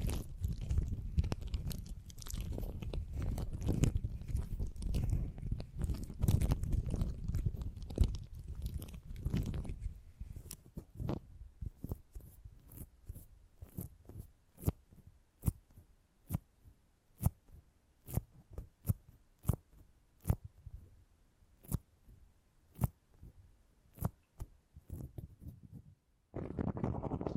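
Sticky, tingly beeswax sounds with soft squishing and crackling. For the first ten seconds the handling is dense and muffled with a low rumble, then it thins into separate sharp clicks and pops every half second or so, before a brief rustle returns at the end.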